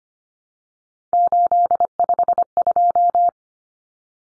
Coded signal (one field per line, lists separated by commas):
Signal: Morse code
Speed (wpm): 25 wpm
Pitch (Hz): 700 Hz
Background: none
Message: 852